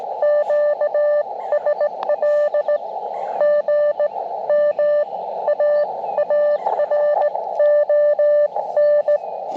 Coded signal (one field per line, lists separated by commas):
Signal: Morse code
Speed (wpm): 17 wpm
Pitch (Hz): 590 Hz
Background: radio noise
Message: QSL GM AARON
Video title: Cootie Key CW POTA - QRP Activation 4/26/23